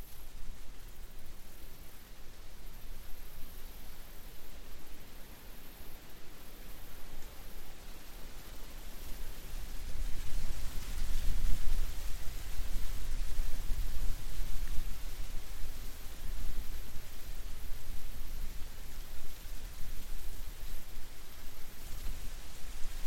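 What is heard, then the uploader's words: Wind rushes steadily through the whole stretch, a dense hiss with a low rumble underneath, as if blowing across the microphone. It swells from about ten seconds, strongest near eleven to fourteen seconds, then eases slightly. A faint leafy rustle rides within the hiss. Capturing the Essence of Autumn: The Enchanting Howling Winds. The rustling leaves and the hauntingly beautiful winds.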